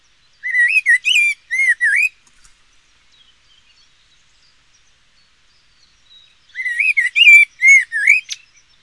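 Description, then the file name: Eurasian blackbird calls in two bursts of warbling, squeaky notes with thin high twittering, separated by about four seconds of near silence. "Turdus merula"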